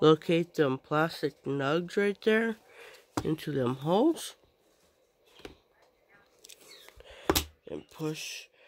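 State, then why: Not seated. Someone talks while the plastic nubs on a plastic part are lined up with their holes in the body of a Vacmaster 4-gallon 3 HP shop vacuum and pushed down. Quiet handling taps and a few brief knocks follow, but the part has not seated or clicked yet.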